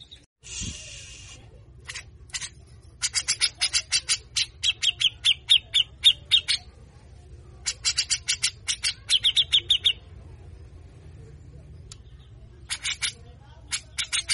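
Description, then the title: Grey-cheeked bulbul giving bursts of rapid, rasping, buzzy notes, repeated in quick runs with short pauses between series. Harsh, long-lasting besetan-style calls with fast ngepik notes, used to train and provoke young untrained caged birds. "MASTERAN CUCAK JENGGOT GACOR FULL BESETAN KASAR DURASI PANJANG !!!. Cucak Jenggot mbeset Ngepik Cepat Pancing emosi Burung Bahan"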